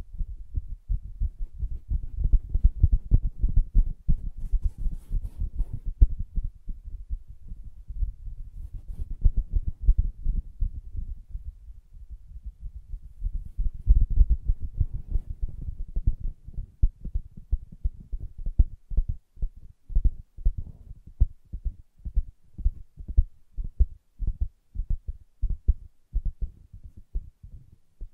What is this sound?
Soft Fabric Surface Tapping & Scratching